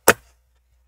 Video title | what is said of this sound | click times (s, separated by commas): Macbook Pro a2338 Screen Replacement step by step | you need to pop that | 0.1 s